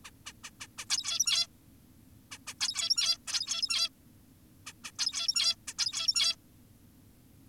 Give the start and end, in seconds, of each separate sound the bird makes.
0.05-0.11, 0.26-0.33, 0.44-0.50, 0.60-0.67, 0.78-0.85, 0.90-1.47, 2.32-2.38, 2.47-2.54, 2.61-3.18, 3.28-3.89, 4.67-4.73, 4.84-4.91, 4.99-5.56, 5.68-5.74, 5.78-6.36